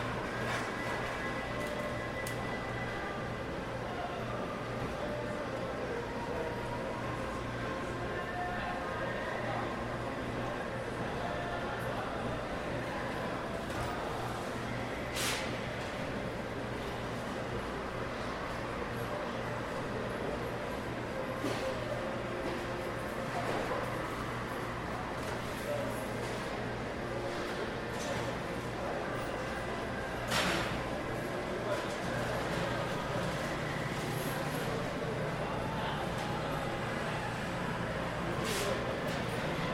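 A busy indoor mall hums with the steady murmur of many people talking at once, backed by a constant low mechanical drone. Sharp clicks and clatters ring out now and then, notably near fifteen and thirty seconds, while the overall crowd level stays even throughout.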